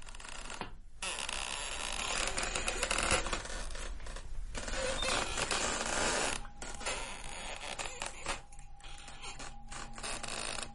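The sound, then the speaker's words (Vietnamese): Near midnight on a quiet night, a door creaks open from outside in long, drawn-out scraping groans that run almost continuously, broken by a couple of short pauses, with a thin steady whine emerging in the last few seconds. “Ở trên tường, tiếng chuông tí tách, chuẩn bị đến nửa đêm, bỗng nhiên có tiếng kèn kẹt ở bên ngoài cửa.”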